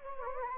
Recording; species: mosquito wingbeat signal from an infrared sensor; Anopheles gambiae